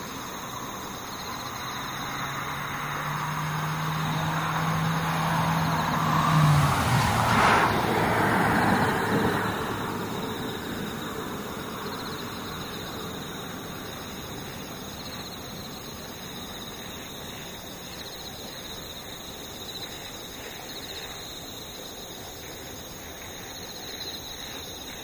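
Insects buzz in steady, thin, high tones throughout while a vehicle swells past nearby around seven seconds, then fades into the distance.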